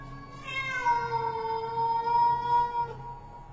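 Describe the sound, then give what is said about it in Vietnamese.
A black cat lets out one long, drawn-out yowl, wavering and eerie, rising then holding a high, strained pitch for a few seconds over a low steady hum before trailing off. “Trước khi gieo mình ra ngoài, nó còn đứng đấy quay lại nhìn lão Tâm chằm chằm mà kêu lên mấy tiếng rợn cả người.”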